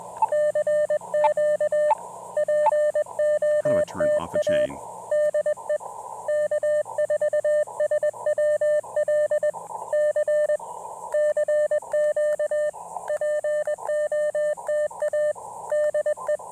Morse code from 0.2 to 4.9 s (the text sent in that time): CQ POTA